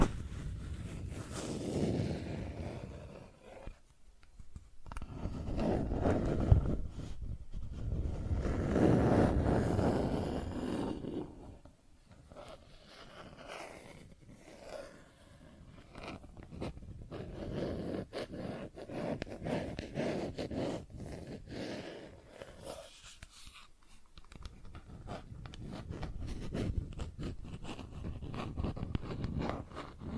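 Plastic objects are scratched and rubbed in long, rasping passes, with sharp taps and clicks scattered throughout. The scraping swells and fades in uneven waves, loudest around the first ten seconds, with brief near-silent gaps near 4 and 24 seconds.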